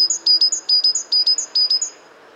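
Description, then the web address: Great tit, one quick strophe of several high ringing two-note units, then quiet. "pub SETE data Parus major"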